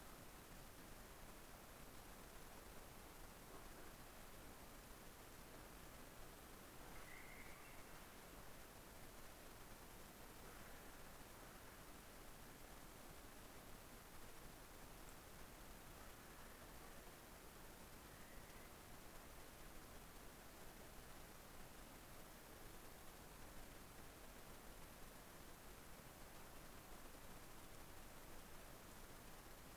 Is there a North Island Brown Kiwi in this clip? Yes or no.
no